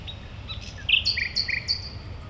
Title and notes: nachtigall in der gartenstraße. Mitte, Berlin, Germany. eine nachtigall am spielplatz gartenstraße